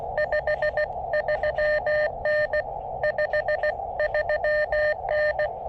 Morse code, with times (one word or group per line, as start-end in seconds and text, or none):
0.2-2.6 53N
3.0-5.5 53N